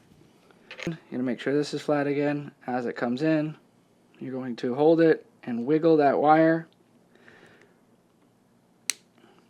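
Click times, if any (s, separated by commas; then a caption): 8.9 s. A wiring harness connector from a 900W 48V upgrade kit is pushed into its mating socket on a Razor Crazy Cart electric go-kart motor while held flat and the wire is wiggled. Someone talks. The talking gives way to a short pause, and at 8.9 s a single sharp, loud snap marks the connector seating and locking in.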